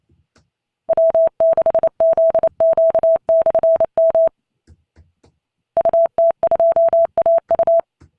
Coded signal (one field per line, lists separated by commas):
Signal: Morse code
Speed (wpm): 29 wpm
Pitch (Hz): 660 Hz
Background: none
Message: W6ZQ/M UT2AU